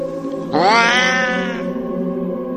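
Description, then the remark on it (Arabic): A cat lets out a single drawn-out, menacing yowl, rising sharply in pitch and then holding a strained, wavering tone for about a second before cutting off, with a low hum continuing afterward. “مجرد ما فتحت الشنطة القطة نطت منها بمنتهى السرعة ووقفت عند باب قطي وبصت لي بصة مخيفة وصوتها كان يخوف أكتر.”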